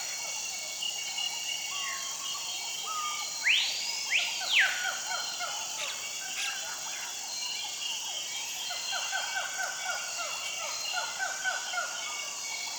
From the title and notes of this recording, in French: Aube en forêt. L'éveil de la faune Le jour se lève dans la forêt amazonienne. Le jour se lève dans la forêt amazonienne. Les grenouilles finissent leur longue nuit de symphonie.